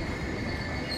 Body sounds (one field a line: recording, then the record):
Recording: coughing mixed with background sound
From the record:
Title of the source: Coughing Man Sound - Man Cough Sound Effect